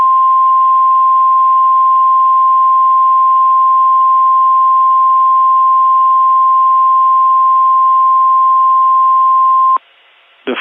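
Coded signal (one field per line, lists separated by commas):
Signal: Emergency Alert System (SAME) tones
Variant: 1050 Hz attention tone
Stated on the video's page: Valid EAS tones in a fictional EAS scenario about severe winter weather across the United States.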